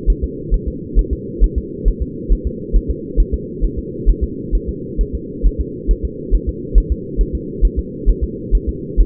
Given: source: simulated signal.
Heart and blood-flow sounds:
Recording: fetal heart sounds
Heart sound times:
0.10 s: S1
0.24 s: S2
0.54 s: S1
0.68 s: S2
0.99 s: S1
1.13 s: S2
1.44 s: S1
1.58 s: S2
1.88 s: S1
2.02 s: S2
2.32 s: S1
2.47 s: S2
2.76 s: S1
2.90 s: S2
3.20 s: S1
3.34 s: S2
3.64 s: S1
3.79 s: S2
4.09 s: S1
4.24 s: S2
4.55 s: S1
4.69 s: S2
5.01 s: S1
5.15 s: S2
5.46 s: S1
5.61 s: S2
5.91 s: S1
6.05 s: S2
6.35 s: S1
6.49 s: S2
6.78 s: S1
6.92 s: S2
7.21 s: S1
7.35 s: S2
7.65 s: S1
7.79 s: S2
8.09 s: S1
8.24 s: S2
8.55 s: S1
8.69 s: S2
9.00 s: S1
From the record:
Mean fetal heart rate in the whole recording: 135 bpm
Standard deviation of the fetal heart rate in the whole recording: 3 bpm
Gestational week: 36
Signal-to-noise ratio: -4.1 dB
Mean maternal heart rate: no maternal heart sound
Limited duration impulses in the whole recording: absent

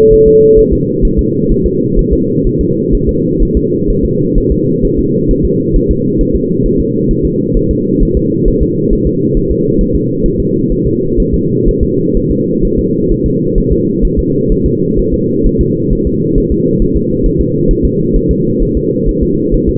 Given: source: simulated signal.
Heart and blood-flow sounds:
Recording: fetal heart sounds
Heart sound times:
0.13 s: S1
0.28 s: S2
0.59 s: S1
0.73 s: S2
1.05 s: S1
1.19 s: S2
1.51 s: S1
1.66 s: S2
1.99 s: S1
2.13 s: S2
2.47 s: S1
2.61 s: S2
2.94 s: S1
3.09 s: S2
3.42 s: S1
3.57 s: S2
3.90 s: S1
4.05 s: S2
4.38 s: S1
4.52 s: S2
4.85 s: S1
4.99 s: S2
5.31 s: S1
5.45 s: S2
5.76 s: S1
5.91 s: S2
6.21 s: S1
6.35 s: S2
6.66 s: S1
6.80 s: S2
7.11 s: S1
7.25 s: S2
7.57 s: S1
7.71 s: S2
8.02 s: S1
8.17 s: S2
8.48 s: S1
8.62 s: S2
8.93 s: S1
9.07 s: S2
9.37 s: S1
9.51 s: S2
9.81 s: S1
9.95 s: S2
10.26 s: S1
10.40 s: S2
10.72 s: S1
10.87 s: S2
11.20 s: S1
11.34 s: S2
11.68 s: S1
11.83 s: S2
12.17 s: S1
12.31 s: S2
12.65 s: S1
12.79 s: S2
13.11 s: S1
13.26 s: S2
13.58 s: S1
13.72 s: S2
14.05 s: S1
14.19 s: S2
14.52 s: S1
14.66 s: S2
14.99 s: S1
15.14 s: S2
15.46 s: S1
15.61 s: S2
15.93 s: S1
16.07 s: S2
16.38 s: S1
16.52 s: S2
16.82 s: S1
16.96 s: S2
17.26 s: S1
17.41 s: S2
17.71 s: S1
17.85 s: S2
18.16 s: S1
18.31 s: S2
18.62 s: S1
18.77 s: S2
19.09 s: S1
19.23 s: S2
19.54 s: S1
19.69 s: S2
From the record:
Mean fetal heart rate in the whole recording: 130 bpm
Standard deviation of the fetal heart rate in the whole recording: 4 bpm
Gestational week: 38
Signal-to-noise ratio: -11.2 dB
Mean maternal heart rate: 72 bpm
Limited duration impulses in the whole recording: present

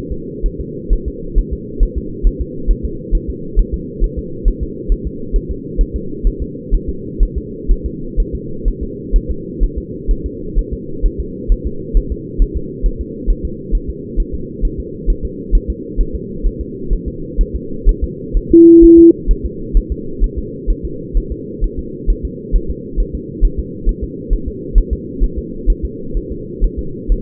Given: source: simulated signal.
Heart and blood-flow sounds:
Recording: fetal heart sounds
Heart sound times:
0.12 s: S2
0.46 s: S1
0.61 s: S2
0.93 s: S1
1.08 s: S2
1.38 s: S1
1.53 s: S2
1.83 s: S1
1.98 s: S2
2.27 s: S1
2.41 s: S2
2.71 s: S1
2.85 s: S2
3.15 s: S1
3.30 s: S2
3.59 s: S1
3.74 s: S2
4.04 s: S1
4.19 s: S2
4.48 s: S1
4.63 s: S2
4.92 s: S1
5.07 s: S2
5.36 s: S1
5.51 s: S2
5.81 s: S1
5.96 s: S2
6.27 s: S1
6.42 s: S2
6.75 s: S1
6.89 s: S2
7.23 s: S1
7.38 s: S2
7.71 s: S1
7.86 s: S2
8.20 s: S1
8.35 s: S2
8.68 s: S1
8.83 s: S2
9.16 s: S1
9.31 s: S2
9.63 s: S1
9.78 s: S2
10.11 s: S1
10.26 s: S2
10.59 s: S1
10.73 s: S2
11.06 s: S1
11.20 s: S2
11.52 s: S1
11.67 s: S2
11.97 s: S1
12.12 s: S2
12.42 s: S1
12.57 s: S2
12.86 s: S1
13.01 s: S2
13.30 s: S1
13.45 s: S2
13.75 s: S1
13.90 s: S2
14.20 s: S1
14.35 s: S2
14.65 s: S1
14.80 s: S2
15.10 s: S1
15.25 s: S2
15.55 s: S1
15.70 s: S2
16.00 s: S1
16.15 s: S2
16.46 s: S1
16.61 s: S2
16.93 s: S1
17.08 s: S2
17.41 s: S1
17.56 s: S2
17.89 s: S1
18.04 s: S2
18.37 s: S1
18.52 s: S2
18.84 s: S1
18.99 s: S2
19.31 s: S1
19.46 s: S2
19.77 s: S1
19.92 s: S2
20.24 s: S1
20.38 s: S2
20.70 s: S1
20.85 s: S2
21.17 s: S1
21.32 s: S2
21.64 s: S1
21.79 s: S2
22.10 s: S1
22.25 s: S2
22.56 s: S1
22.70 s: S2
23.00 s: S1
23.15 s: S2
23.45 s: S1
23.59 s: S2
23.89 s: S1
24.04 s: S2
24.33 s: S1
24.48 s: S2
24.78 s: S1
24.93 s: S2
25.24 s: S1
25.38 s: S2
25.70 s: S1
25.85 s: S2
26.17 s: S1
26.32 s: S2
26.64 s: S1
26.79 s: S2
27.12 s: S1
From the record:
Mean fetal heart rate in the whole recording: 130 bpm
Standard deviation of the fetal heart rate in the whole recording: 4 bpm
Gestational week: 38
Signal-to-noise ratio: -4.3 dB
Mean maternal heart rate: 72 bpm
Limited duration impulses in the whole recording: present

